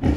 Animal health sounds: pig call; growing-finishing pig (85 days or more)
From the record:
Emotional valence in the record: negative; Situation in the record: barren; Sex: female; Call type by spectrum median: low-frequency call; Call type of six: low-frequency modulated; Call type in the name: low-frequency modulated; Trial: 2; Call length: 0.16 s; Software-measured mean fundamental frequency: 42 Hz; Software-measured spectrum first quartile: 94 Hz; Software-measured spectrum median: 209 Hz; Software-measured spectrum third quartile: 356 Hz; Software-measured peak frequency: 80 Hz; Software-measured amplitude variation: 173 dB a second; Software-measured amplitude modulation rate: 21.3 a second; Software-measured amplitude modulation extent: 8.1 dB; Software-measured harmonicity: -2.2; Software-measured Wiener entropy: -0.87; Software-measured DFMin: 669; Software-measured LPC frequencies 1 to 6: 1906, 2943, 4458, 5229, 5952, 6604 Hz

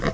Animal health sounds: pig call; piglet (1 to 25 days)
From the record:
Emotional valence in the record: positive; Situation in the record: reunion after long isolation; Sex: female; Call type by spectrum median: low-frequency call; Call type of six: low-frequency tonal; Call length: 0.14 s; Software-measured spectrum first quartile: 225 Hz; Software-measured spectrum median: 571 Hz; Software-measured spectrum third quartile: 1495 Hz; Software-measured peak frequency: 159 Hz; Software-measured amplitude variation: 131 dB a second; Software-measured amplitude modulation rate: 10.9 a second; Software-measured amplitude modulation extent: 12.0 dB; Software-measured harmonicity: -0.9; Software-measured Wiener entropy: -1.43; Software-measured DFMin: 928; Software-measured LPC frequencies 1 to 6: 496, 1228, 1945, 3052, 3840, 4823 Hz

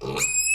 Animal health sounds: pig call; weaner (32 to 43 days)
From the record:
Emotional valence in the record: negative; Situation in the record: short isolation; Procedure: open field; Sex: female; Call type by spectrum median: high-frequency call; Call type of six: mixed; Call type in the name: high-frequency modulated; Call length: 0.55 s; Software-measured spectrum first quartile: 2157 Hz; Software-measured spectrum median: 5513 Hz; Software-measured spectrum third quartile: 8024 Hz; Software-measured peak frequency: 7577 Hz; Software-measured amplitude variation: 141 dB a second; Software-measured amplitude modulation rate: 19.1 a second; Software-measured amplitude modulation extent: 7.4 dB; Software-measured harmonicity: 19.2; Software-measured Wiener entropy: -4.97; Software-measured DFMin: 705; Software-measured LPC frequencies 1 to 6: 464, 1152, 2580, 3818, 4288, 5106 Hz

